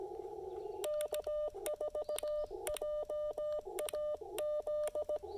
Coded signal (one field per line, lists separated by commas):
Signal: Morse code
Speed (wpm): 17 wpm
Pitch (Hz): 600 Hz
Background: none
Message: K4JAZ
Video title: POTA: Pairing the LDG Z-100 Plus, Icom IC-705, and Chameleon CHA Emcomm III Portable